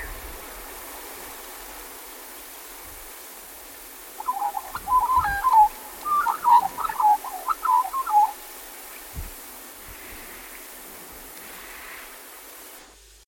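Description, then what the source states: Australian magpie carolling: a four-second run of rich, warbling, fluting notes that rise and fall sharply, then quiet with faint soft sounds. Black-backed form of the Australian magpie.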